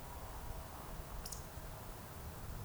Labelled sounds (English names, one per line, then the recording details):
Eurasian Woodcock whistle
Eurasian Woodcock croak
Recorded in Baden-Württemberg, Germany, on 3 June 2021 at 20:04 UTC
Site 45499, 200 m above sea level